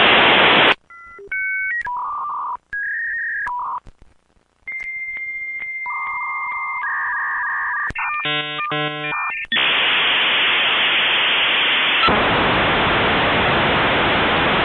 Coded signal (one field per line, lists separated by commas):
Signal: dial-up modem handshake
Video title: 10 Minutes of Dial A Modem | Just Annoying Sounds